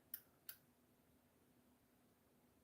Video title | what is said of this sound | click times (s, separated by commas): Scott Bruder is live proving out a wiring harness | see if we can hear the click got it | 0.1 s